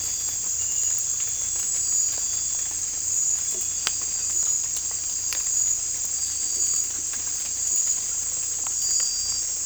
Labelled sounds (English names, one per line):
none